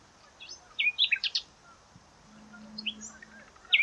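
Birds chirping in short high clusters of quick notes, then a quieter spell with a low steady hum before further chirps.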